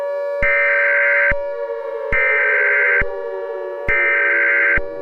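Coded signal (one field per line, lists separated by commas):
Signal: Emergency Alert System (SAME) tones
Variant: header bursts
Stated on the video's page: Fictional EAS scenario, remastered.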